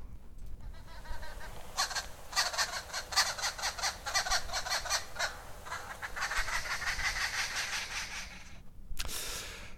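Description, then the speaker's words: Arrow-marked babbler chattering, a continuous scratchy, cackling babble of rapid notes over a noisy background. Constant little laughing, cackling sound, not harsh or melodic; lives in communities across sub-Saharan Africa. "It's like a just constantly little laughing sound going on, cackling away."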